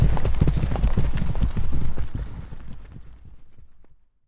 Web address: Hollywood Edge Historical Series War Horses Armies Weapons 2 Horses Canter By